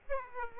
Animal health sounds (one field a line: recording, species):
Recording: mosquito wingbeat signal from an infrared sensor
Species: Aedes aegypti